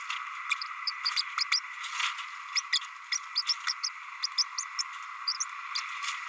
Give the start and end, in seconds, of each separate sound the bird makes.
0.50-0.55, 0.87-0.91, 1.16-1.22, 1.38-1.44, 1.52-1.59, 2.55-2.61, 2.72-2.80, 3.12-3.17, 3.35-3.42, 3.49-3.53, 3.67-3.73, 3.83-3.89, 4.23-4.27, 4.38-4.44, 4.79-4.83, 5.40-5.45, 5.75-5.81